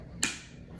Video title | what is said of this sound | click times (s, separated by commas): Simpson MOD Bandit: exterior shield, anchor kit, and pinlock. | rotate it till you hear this thing click. | 0.2 s